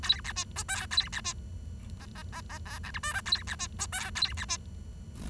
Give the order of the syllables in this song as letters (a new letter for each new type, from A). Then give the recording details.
A B C D E A B C F F F F G H I J K A B C D E A B C. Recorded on 23 June 2012 at 06:59. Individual gr41rd51